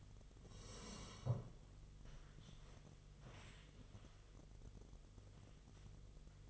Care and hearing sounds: daily activity, microphone in the room; sit down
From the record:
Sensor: 4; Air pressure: 1006.2 hPa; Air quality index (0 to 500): 96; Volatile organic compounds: 2 ppm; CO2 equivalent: 1198 ppm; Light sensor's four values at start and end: 12/28/11/10 and 12/28/11/10

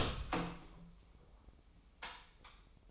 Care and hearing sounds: daily activity, microphone in the room; open door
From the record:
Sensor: 1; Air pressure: 996.1 hPa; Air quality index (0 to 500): 39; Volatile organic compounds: 1 ppm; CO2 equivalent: 735 ppm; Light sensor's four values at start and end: 14/33/14/16 and 14/33/14/16

